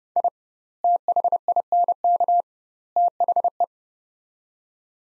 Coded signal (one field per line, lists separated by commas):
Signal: Morse code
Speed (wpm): 30 wpm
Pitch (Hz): 700 Hz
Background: none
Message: I THINK THE